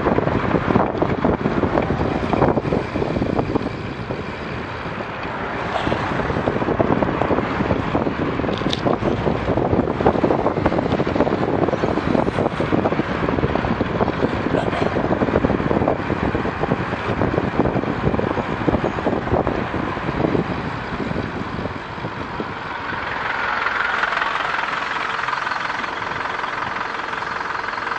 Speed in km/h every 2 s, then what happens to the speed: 20, 25, 22, 28, 31, 28, 23, 24, 19, 14, 0, 0, 0, 0.
0-9 speeds up to 31. 9-19 slows to 0. 19-28 standing.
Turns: none.